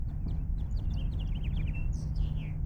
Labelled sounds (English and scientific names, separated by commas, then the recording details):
House Finch (Haemorhous mexicanus) song
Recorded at Oceanside on Long Island, New York, on 17 June 1975
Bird D